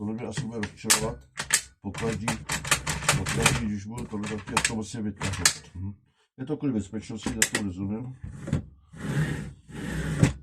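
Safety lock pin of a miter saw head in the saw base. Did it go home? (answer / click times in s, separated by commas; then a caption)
no / none. Someone talks while moving the head of a Parkside PZKS 2000 C3 miter saw through its travel and handling the safety lock pin that holds the saw head in the saw base; this lock has to be released each time for safety. Speech fills most of the clip, followed by a few broadband handling rustles near the end, around 8.5 to 10.5 seconds. Nothing has seated or clicked yet.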